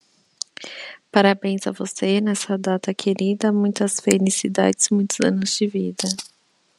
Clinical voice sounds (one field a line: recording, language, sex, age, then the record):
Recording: short text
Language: Brazilian Portuguese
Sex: female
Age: 30 to 39 years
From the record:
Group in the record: control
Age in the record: 34 years